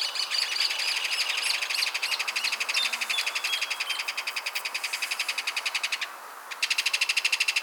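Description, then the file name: Kingfisher giving a long, harsh, rapid rattle of clicking notes that runs almost the full length, pausing briefly near the end before resuming. "MARTIN PESCADOR"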